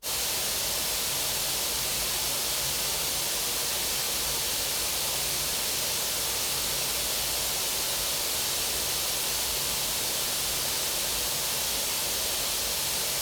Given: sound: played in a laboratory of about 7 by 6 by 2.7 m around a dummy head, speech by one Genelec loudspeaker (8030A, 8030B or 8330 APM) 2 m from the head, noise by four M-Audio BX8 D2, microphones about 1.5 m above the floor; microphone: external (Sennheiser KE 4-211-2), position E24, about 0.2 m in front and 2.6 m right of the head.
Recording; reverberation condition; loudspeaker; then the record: white noise; medium; four, about 170 cm from the corners of the room and facing them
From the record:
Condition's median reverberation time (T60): about 510 ms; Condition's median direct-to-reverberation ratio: about -0.5 dB